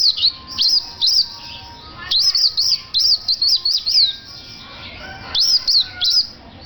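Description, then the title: Oriental white-eye giving short bursts of high, slurred chirps in quick groups, separated by brief gaps. Individual named Mr. Kebo, Malang, East Java. "Pleci Mr. Kebo Malang - Jawa Timur"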